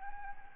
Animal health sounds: mosquito wingbeat signal from an infrared sensor; Anopheles gambiae

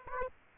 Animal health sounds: mosquito wingbeat signal from an infrared sensor; Aedes aegypti

